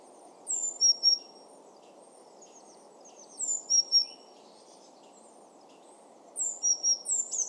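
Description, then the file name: Eurasian blue tit giving short groups of thin, high whistled notes with level tails, three bursts spaced a few seconds apart, over a continuous low hum. "Cyanistes caeruleus"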